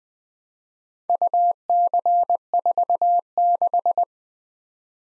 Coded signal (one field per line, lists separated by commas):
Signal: Morse code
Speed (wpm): 20 wpm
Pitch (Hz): 700 Hz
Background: none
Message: UC46